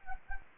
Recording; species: mosquito wingbeat signal from an infrared sensor; Anopheles gambiae